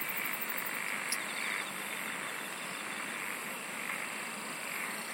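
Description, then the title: Insect chorus, a dense steady hiss with a short high pulsed trill early on. "SINGING OF INSECTS"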